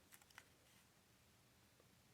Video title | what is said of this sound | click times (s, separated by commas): Anker PowerPort 4 Lite 4 Port USB Charger | it down and making sure it clicks or locks in place right there so | 0.4 s